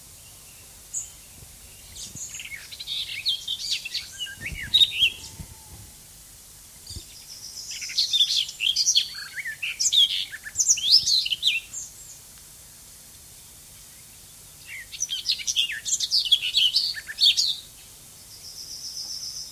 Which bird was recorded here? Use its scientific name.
Sylvia borin